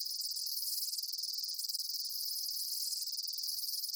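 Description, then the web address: High insect chirping runs continuously, a fast-pulsing shrill buzz with small swells in volume. Daytime insect ambience, chirping bugs. "Blast Wave Amb Day Insects. animal ambience insects chirps day bugs"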